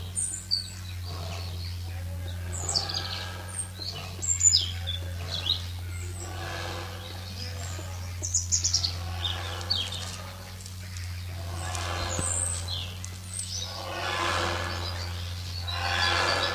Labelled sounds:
European Robin

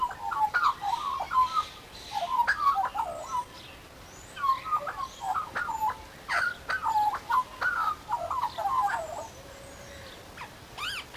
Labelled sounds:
Australian Magpie song

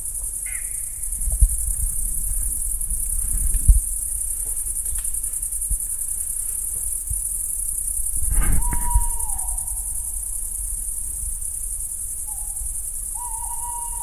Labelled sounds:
Tawny Owl

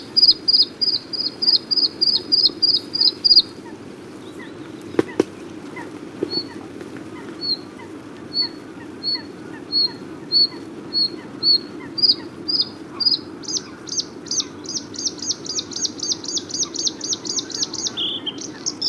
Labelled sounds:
Bluethroat song

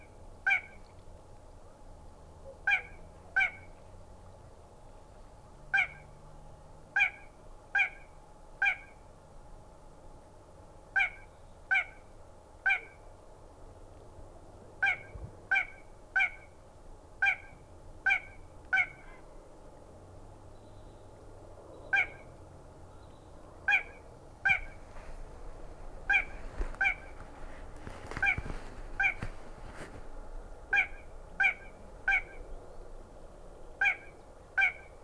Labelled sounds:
Little Crake song

